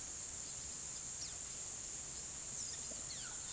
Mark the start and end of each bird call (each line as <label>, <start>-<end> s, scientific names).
Sporophila angolensis, 2.57-3.52 s